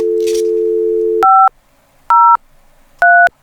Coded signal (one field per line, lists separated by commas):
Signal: DTMF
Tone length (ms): 280 ms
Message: 503